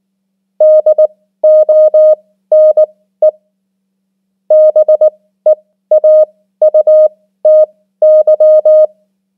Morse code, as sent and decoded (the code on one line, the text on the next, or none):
-.. --- -. . / -... . .- ..- - -.--
DONE BEAUTY